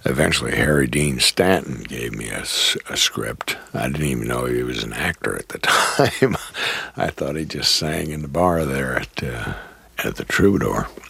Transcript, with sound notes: eventually Harry Dean Stanton gave me a script. I didn't even know he was an actor at the time. (laughs) I thought he just sang in the bar there at The Troubador.